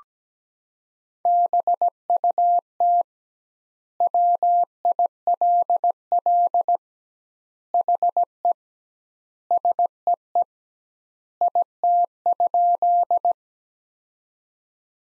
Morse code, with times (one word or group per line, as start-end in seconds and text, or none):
1.3-3.0 BUT
4.0-6.8 WILL
7.7-8.5 HE
9.5-10.4 SEE
11.4-13.3 IT?